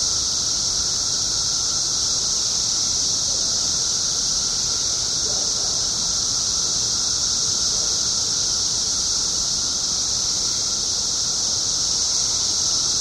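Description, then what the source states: Periodical cicada chorus, a dense shrill buzzing wall of sound that never lets up, over soft low background noise. 17-year periodical cicadas, recorded 21 June 2007 at 5:05 pm.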